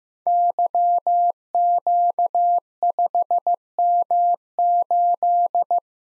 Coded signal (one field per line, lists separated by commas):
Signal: Morse code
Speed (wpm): 15 wpm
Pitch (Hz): 700 Hz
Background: none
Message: YQ5M8